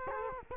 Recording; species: mosquito wingbeat signal from an infrared sensor; Culex quinquefasciatus